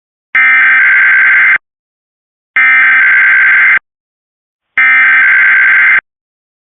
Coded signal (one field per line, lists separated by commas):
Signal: Emergency Alert System (SAME) tones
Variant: header bursts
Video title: All EAS Required Tests I played (EAS #13 - EAS #31)